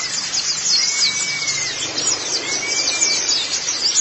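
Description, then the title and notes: White-eye twittering, high and continuous, with a thin, lower drawn-out whistle beneath the chirps. "Kicauan Burung Pleci Durasi Panjang. Suara kicauan burung pleci"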